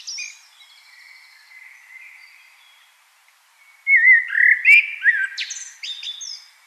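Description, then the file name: Common blackbird song: soft, thin high notes first, then a loud warbling phrase of twisting fluty whistles ending in sharp squeaks. "Turdus merula"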